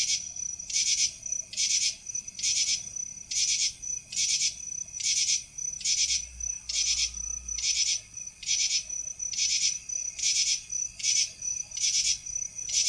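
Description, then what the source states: Common true katydid song: pulsed chirps repeated steadily, roughly one every second, throughout. Played back again for listeners.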